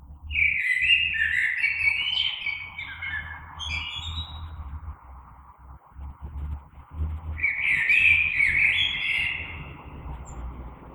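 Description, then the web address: Common blackbird delivering two long, varied fluting phrases with squeaky high flourishes, over a steady low rumbling hum. Recorded 3 March 2020. "oiseaux Merle 2020 03 03"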